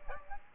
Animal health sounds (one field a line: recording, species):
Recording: mosquito wingbeat signal from an infrared sensor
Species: Aedes aegypti